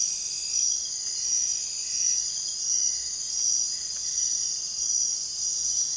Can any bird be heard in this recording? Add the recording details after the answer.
no. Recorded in dense forest near Puerto Asís, Putumayo, Colombia, on 23 June 2025 at 01:00. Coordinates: 0.468, -76.322. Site GP03